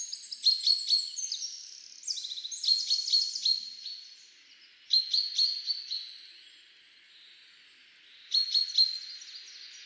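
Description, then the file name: Common chaffinch song: four bright phrases of rapid descending notes, separated by pauses. "Fringilla coelebs"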